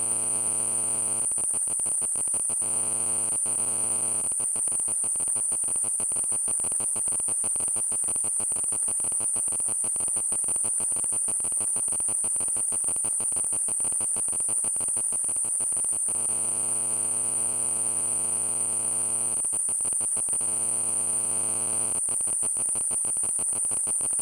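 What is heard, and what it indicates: Simulated tinnitus: a steady, very high-pitched tone persists throughout, over a rapid crackling, buzzing noise with intermittent low, droning hum.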